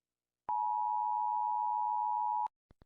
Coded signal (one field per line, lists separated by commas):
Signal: Emergency Alert System (SAME) tones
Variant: 853 and 960 Hz attention tone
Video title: Rating EAS Alarms (Because people are doing it)